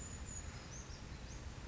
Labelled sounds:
Brown Creeper (Certhia americana)
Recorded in Sonoma County, California

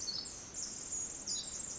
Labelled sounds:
Pacific Wren (Troglodytes pacificus)
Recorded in Sonoma County, California

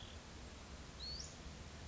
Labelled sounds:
Western Flycatcher (Empidonax difficilis)
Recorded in Sonoma County, California

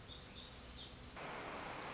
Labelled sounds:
Black-throated Gray Warbler (Setophaga nigrescens)
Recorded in Sonoma County, California

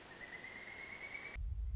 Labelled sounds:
Pileated Woodpecker (Dryocopus pileatus)
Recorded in Sonoma County, California

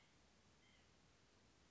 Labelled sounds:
White-breasted Nuthatch (Sitta carolinensis)
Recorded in Sonoma County, California

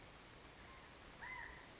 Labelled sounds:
California Quail (Callipepla californica)
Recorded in Sonoma County, California

